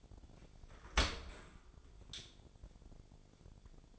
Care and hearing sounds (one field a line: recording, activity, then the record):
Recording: daily activity, microphone in the room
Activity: open dishwasher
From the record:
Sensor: 5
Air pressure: 1006.8 hPa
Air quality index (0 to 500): 184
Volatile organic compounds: 5 ppm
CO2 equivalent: 1758 ppm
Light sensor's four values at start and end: 52/145/57/57 and 52/146/57/58